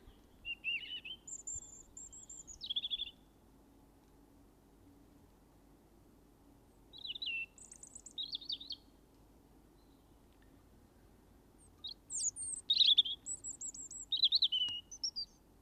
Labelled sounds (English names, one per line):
European Robin song